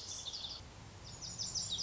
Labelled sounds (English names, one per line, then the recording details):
Lazuli Bunting
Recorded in Sonoma County, California